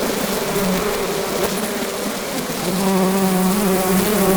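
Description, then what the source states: Bee in a dense mass, a constant droning hum that swells slightly louder halfway through, with a clearer low tone emerging. About 12000 bees, multichannel.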